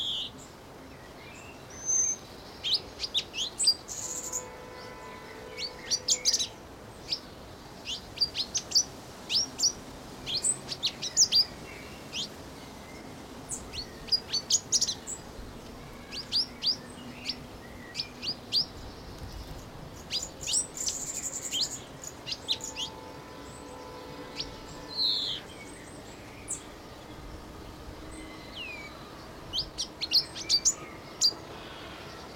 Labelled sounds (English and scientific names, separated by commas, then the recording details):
Pin-tailed Whydah (Vidua macroura)
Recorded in captivity
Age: adult
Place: Zoo Berlin, Berlin, DE
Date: 1992-05-09 11:51
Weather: wolkig, 11-14°C
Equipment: Nagra SN, Mikrofon AKG CK 8, Kopie Tesla B 116
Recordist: Tembrock, Günter
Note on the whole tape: Gesang (längere Stücke); Dauer ca. 5 min